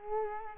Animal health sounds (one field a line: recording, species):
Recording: mosquito wingbeat signal from an infrared sensor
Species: Culex quinquefasciatus